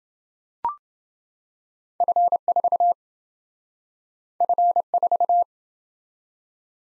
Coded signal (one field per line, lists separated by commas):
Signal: Morse code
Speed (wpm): 28 wpm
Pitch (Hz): 700 Hz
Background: none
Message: F4 F4